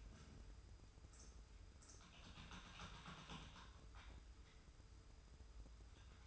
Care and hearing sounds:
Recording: daily activity, microphone in the room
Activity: typing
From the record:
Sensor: 2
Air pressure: 990.8 hPa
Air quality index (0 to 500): 144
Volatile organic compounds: 297 ppm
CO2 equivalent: 4474 ppm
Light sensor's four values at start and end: 24/57/23/23 and 25/60/24/25

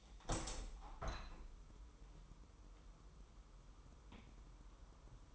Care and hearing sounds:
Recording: daily activity, microphone in the room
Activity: open window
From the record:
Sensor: 1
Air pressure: 1000.3 hPa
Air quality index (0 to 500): 245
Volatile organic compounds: 134 ppm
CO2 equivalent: 3946 ppm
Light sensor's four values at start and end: 10/25/10/11 and 11/27/11/12

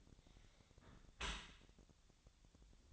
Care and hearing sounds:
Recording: daily activity, microphone in the room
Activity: close dishwasher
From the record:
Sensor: 3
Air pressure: 1006.7 hPa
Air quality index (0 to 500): 206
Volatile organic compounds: 18 ppm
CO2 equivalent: 2635 ppm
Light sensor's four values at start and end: 10/25/10/10 and 10/25/10/10

